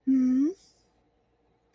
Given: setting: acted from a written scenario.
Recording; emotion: vocal sound without words; adoration